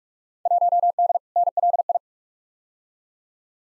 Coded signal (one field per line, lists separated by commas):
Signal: Morse code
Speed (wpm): 44 wpm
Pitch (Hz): 700 Hz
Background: none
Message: 1D NLI